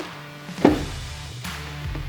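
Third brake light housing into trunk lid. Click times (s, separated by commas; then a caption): 0.7 s. A new plastic third brake light housing is pushed straight down into a trunk lid. Its clips snap home with a sharp click at 0.6 s over a steady background of music. A softer, longer sound follows at 1.4 s, and the housing is seated in place.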